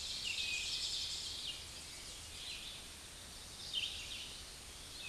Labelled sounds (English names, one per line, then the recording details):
Red-eyed Vireo song
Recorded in a Pennsylvania forest on 16 May 2024 at 07:18
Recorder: AudioMoth, point MSD-2391
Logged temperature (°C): 15.0 °C
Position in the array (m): 109 m, 76 m